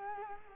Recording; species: mosquito wingbeat signal from an infrared sensor; Culex quinquefasciatus